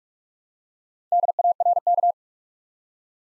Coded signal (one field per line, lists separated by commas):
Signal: Morse code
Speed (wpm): 44 wpm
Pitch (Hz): 700 Hz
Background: none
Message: DARK